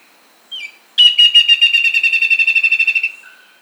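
Bird gives a brief sliding whistle, then a sustained rapid rattling trill for roughly two seconds, ending with a soft lower note.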